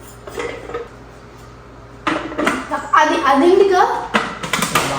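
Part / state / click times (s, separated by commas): slicing attachment into food processor bowl / seated / 4.8 s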